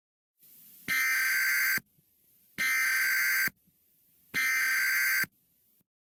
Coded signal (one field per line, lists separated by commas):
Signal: Emergency Alert System (SAME) tones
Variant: header bursts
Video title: Rating EAS Alarms (Part 10)